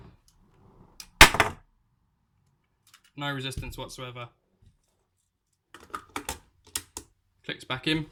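A magazine is pushed into the mag well of the plastic aftermarket stock on an airsoft sniper rifle and seats with a loud, sharp snap at 1.2 s, going in with no resistance at all. Someone talks before and after it, and a few quieter clicks and taps follow later in the clip.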